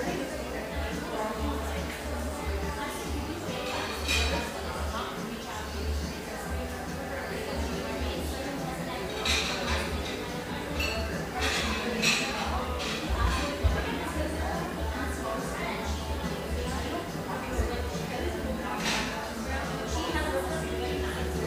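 Steady murmur of voices fills an espresso shop over a low, pulsing machine hum. Bright clinks of cups and dishes ring out now and then, around four, ten, twelve and nineteen seconds. The overall level stays even throughout.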